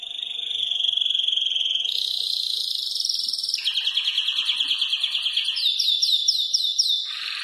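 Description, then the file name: German crested canary song: a steady high rolling trill, a lower buzzy rattle, then repeated slurred whistles before a drop in pitch; faint low background hum. "canto do canario topete alemao"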